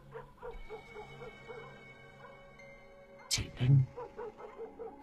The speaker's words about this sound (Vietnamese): Ở bên dưới, con chó vẫn cứ cắn nhấm nhằng từng chập.